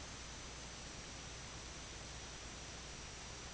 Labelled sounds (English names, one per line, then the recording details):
none
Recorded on Arctic tundra, site IGLO-D, on 17 June 2018
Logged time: 00:00